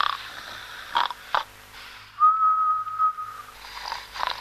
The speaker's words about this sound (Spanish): Está roncando...